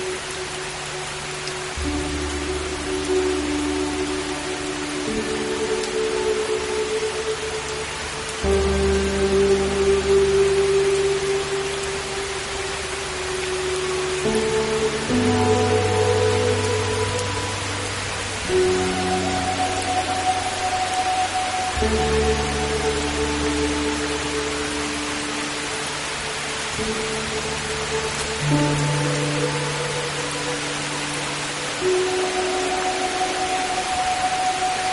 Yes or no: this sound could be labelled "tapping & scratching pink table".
no